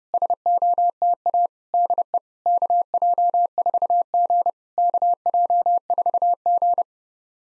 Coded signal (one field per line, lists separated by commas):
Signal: Morse code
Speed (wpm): 30 wpm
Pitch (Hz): 700 Hz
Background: none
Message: SOTA DE KJ4G KJ4G